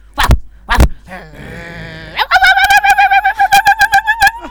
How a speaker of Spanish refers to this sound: Y ahí tenés a la cacatúa.